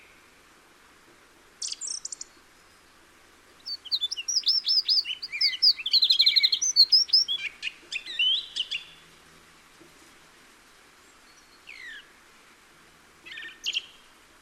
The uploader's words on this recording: Thrush and wren, Peak District. Mainly songthrush, accompanied by a wren. During lockdown. Recorded by Ian Evetts.